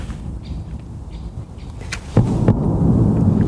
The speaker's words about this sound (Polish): Pani słyszy wystrzały. Tak to wygląda w bojszowach i czasami choćby człowiek nie chciał wrócić wspomnieniami wojennymi, to wraca, kiedy słyszy te właśnie odgłosy. To na placu prób bada się kolejne środki wybuchowe górnicze w pobliskiej fabryce.